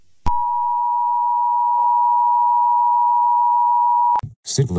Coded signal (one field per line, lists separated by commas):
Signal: Emergency Alert System (SAME) tones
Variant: 853 and 960 Hz attention tone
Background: speech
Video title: When Technology Leaves Us Behind - AN EAS SCENARIO (REUP)